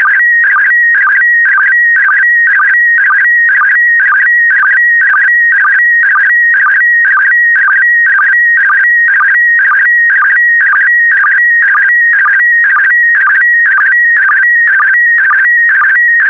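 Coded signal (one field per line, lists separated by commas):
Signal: SSTV (slow-scan television)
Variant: PD120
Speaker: complete. You can now check your decoded image against the picture that is shown on the video.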